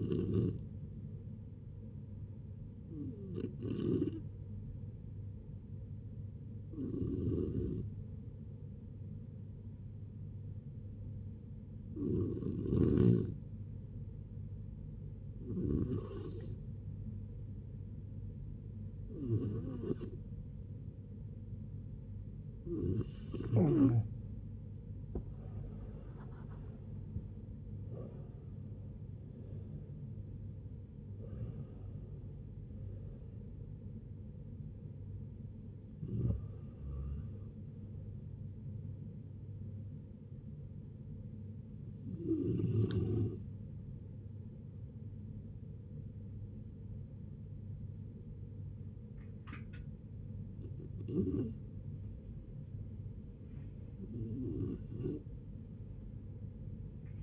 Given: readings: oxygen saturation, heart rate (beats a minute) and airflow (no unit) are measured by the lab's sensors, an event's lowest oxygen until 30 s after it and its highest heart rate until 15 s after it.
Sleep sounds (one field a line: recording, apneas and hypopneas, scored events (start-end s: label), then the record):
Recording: a person awake in a sleep study, by a smartphone at the bedside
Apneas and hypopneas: none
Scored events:
0.00-57.23 s: awake
0.00-57.23 s: awake
From the record:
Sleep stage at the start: awake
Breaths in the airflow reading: 18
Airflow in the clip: -0.7 to 0.7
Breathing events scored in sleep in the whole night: 496 in 5.4 hours asleep